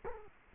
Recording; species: mosquito wingbeat signal from an infrared sensor; Culex quinquefasciatus